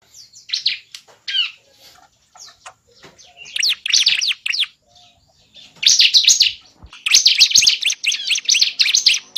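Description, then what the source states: Lovebird chirping calls, a few sharp separate chirps, then longer, louder bursts of rapid shrill chattering. Lure sound used to attract lovebirds.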